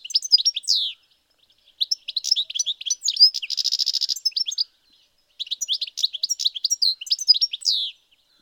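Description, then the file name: European goldfinch song: rapid tinkling, twittering phrases of high chirps and buzzy notes in three bursts separated by brief pauses; clean background. "Carduelis carduelis"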